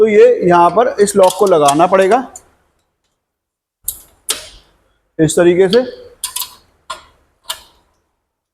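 Someone talks while fitting the locking pin into a home gym's butterfly arm so it can be used as a chest press. After the talking, a series of short, sharp metallic taps and clacks is heard around 3.9, 4.3, 6.2, 6.4, 6.9 and 7.5 seconds, with more talking in between. Nothing has seated or clicked home yet; the arm is still being handled.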